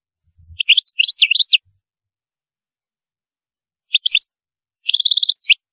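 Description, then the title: European goldfinch song in three short bursts: liquid twittering notes, then a fast run of repeated tinkling notes near the end, otherwise quiet. "Chant Chardonneret"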